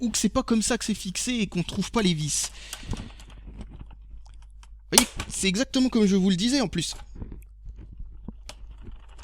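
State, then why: Released. Someone talks while the plastic front bezel of a V7 (Videoseven) 22-inch LCD monitor, being repaired for a failed capacitor, is pried off its housing; the stiff plastic snap notches feel strong enough to break. Small ticks and creaks build up before the clips crack free with sharp snaps at 8.3 and 8.5 seconds, and the whole surround comes away.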